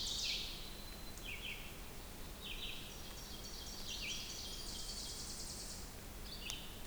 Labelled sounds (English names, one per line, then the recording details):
Red-eyed Vireo song
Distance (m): 70 m
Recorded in boreal forest in Alberta, Canada, on 2 June 2016 at 07:45
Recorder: SongMeter 3, array SBT-3-7
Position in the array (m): 101 m, 130 m